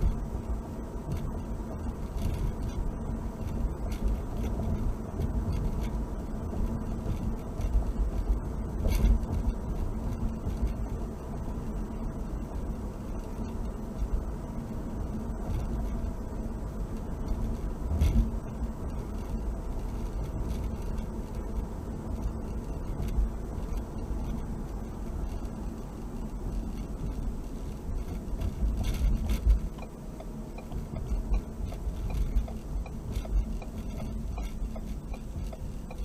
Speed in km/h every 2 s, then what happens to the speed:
69, 69, 69, 69, 68, 69, 69, 69, 69, 68, 64, 63, 60, 50, 45, 45, 45, 39.
0-18 steady at about 69. 18-27 slows to 45. 27-32 steady at about 45. 32-36 slows to 39.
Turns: none.